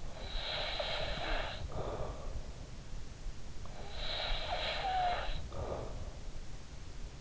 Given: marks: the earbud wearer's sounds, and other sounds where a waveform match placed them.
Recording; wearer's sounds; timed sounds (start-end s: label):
sounds in sleep by an in-ear microphone; snoring breath
0.00-2.62 s: snoring breath
3.86-6.35 s: snoring breath